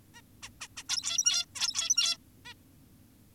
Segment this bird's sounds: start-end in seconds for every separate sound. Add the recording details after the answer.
0.14-0.22, 0.43-0.50, 0.61-0.68, 0.77-0.83, 0.89-1.46, 1.56-2.17, 2.45-2.54. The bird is an adult. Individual g17y2U